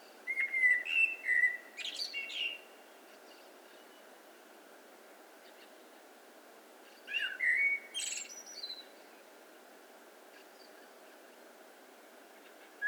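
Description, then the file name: Eurasian blackbird giving song: a rich whistled phrase with high scratchy ending, silence of several seconds, then a second similar phrase and a brief note at the end. "Turdus merula"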